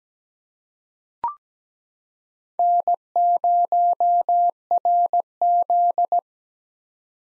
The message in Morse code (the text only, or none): N0RZ